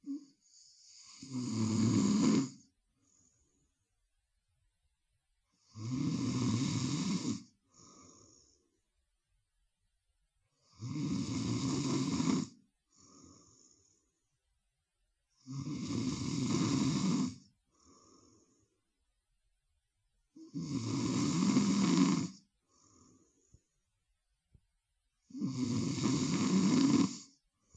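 An adult snoring steadily: loud, low-pitched snores about every five seconds (roughly 12 per minute), each lasting around two seconds and followed by a brief, quieter breath out.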